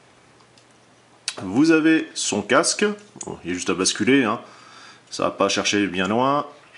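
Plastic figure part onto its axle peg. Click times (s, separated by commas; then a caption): 0.6 s. A small part that kept popping off a FansProject Causality CA-04 Transformers plastic robot figure, because it was badly clipped, is pressed back onto its small axle pin. A faint click is heard at 0.6 s as it seats, and then someone talks.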